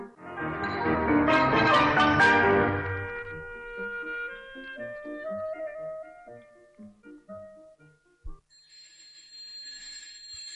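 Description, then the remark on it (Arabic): A flat's doorbell, rung by an arriving visitor, sounds in a loud, clattering burst of overlapping metallic tones that fade into lingering, decaying chimes, ending with a thin, steady high-pitched ring. No one speaks. “طيب يا اللي بتضرب الجرس.”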